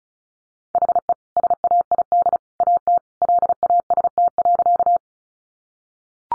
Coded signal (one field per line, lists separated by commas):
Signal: Morse code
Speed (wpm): 34 wpm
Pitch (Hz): 700 Hz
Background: none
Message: HE SAID AT LAST.